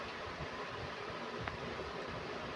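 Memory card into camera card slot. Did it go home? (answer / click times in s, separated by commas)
yes / 1.5 s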